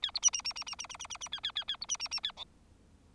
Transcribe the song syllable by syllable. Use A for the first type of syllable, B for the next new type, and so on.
A B C C C C C C C C C C A A A A B C C C A D